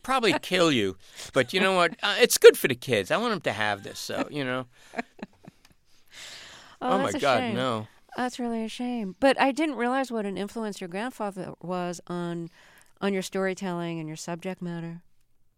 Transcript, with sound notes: It'll probably kill you. But, you know what? It's good for the kids. I want them to have this. So, you know...
(Laughter) Oh, that's a shame. That's really a shame. But I didn't realize what an influence your grandfather was on your storytelling and your subject matter.